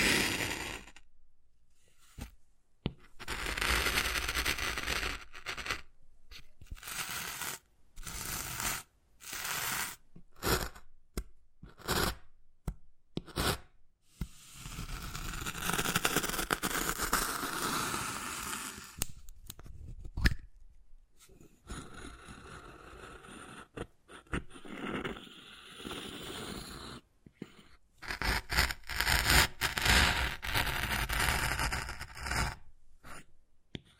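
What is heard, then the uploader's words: Wood carving: repeated scraping and scratching strokes cut across the wood, each a burst of gritty noise separated by brief silences. A longer, steadier scrape runs from about 14 to 20 seconds, and the strokes come quicker and more irregular near the end. Wood Carving, Tapping and Scratching Sounds.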